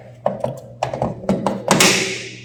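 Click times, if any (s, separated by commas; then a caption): 1.7 s, 1.8 s. A plastic terminal box cover is pressed onto the box of a new cold room evaporator fan motor. A run of short taps and thunks leads to two louder snaps at 1.7 s and 1.8 s, the second with a bright hiss that fades out. The cover is fully and properly locked shut.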